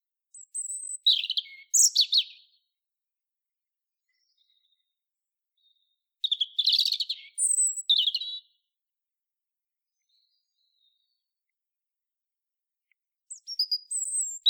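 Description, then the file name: European robin giving short bursts of high whistles and tumbling twitters, three phrases spaced several seconds apart with quiet gaps between. "Erithacus rubecula"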